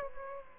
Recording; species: mosquito wingbeat signal from an infrared sensor; Aedes aegypti